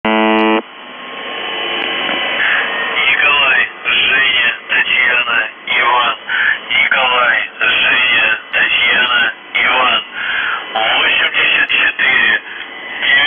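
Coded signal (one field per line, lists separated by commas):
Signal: numbers station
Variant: UVB-76 (The Buzzer)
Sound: a half-second low harsh buzz, then a voice speaking over a radio channel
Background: radio static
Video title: The Buzzer/UVB-76(4625Khz) January 3, 2022 13:01UTC Voice message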